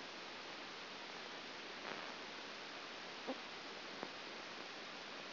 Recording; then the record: brain microelectrode recording played as sound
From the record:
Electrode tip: outside the subthalamic nucleus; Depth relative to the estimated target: -2 mm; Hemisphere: right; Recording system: AlphaMap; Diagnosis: Parkinson's disease